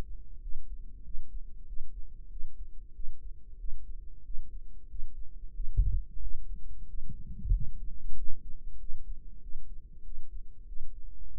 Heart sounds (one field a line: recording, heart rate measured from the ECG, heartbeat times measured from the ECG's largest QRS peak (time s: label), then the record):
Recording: heart sounds by microphone in the right ear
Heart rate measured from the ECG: 94 bpm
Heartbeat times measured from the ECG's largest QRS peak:
0.42 s: heartbeat
1.05 s: heartbeat
1.68 s: heartbeat
2.31 s: heartbeat
2.95 s: heartbeat
3.59 s: heartbeat
4.25 s: heartbeat
4.90 s: heartbeat
5.55 s: heartbeat
6.22 s: heartbeat
6.89 s: heartbeat
7.54 s: heartbeat
8.18 s: heartbeat
8.80 s: heartbeat
9.42 s: heartbeat
10.05 s: heartbeat
10.67 s: heartbeat
11.31 s: heartbeat
From the record:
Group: healthy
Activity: rest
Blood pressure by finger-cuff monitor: 139/83 mmHg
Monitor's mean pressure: 99 mmHg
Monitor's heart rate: 94 bpm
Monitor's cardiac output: 7.6 L/min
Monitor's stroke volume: 81 mL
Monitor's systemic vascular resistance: 980 dyn s/cm5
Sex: male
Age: 21 years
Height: 175 cm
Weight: 72.6 kg